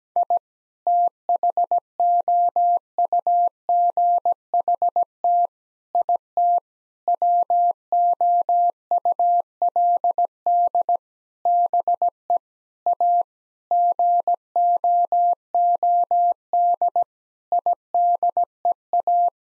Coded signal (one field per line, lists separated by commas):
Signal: Morse code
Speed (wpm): 17 wpm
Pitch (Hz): 700 Hz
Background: none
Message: I THOUGHT IT WOULD BE A GOOD IDEA